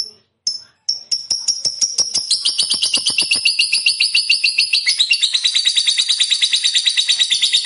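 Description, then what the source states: Lovebird opens with a few sharp separate chirps, then speeds into a dense, high, rattling trill that runs steadily to the end. A 'fighter' lovebird singing vigorously and persistently ('gacor').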